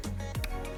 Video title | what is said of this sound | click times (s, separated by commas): How To: VertDesk v3 Plus Standing Desk Assembly | it should click into place | 0.4 s